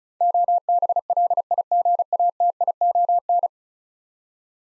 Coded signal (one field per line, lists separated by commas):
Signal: Morse code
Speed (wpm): 36 wpm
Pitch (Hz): 700 Hz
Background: none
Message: OBLIGATION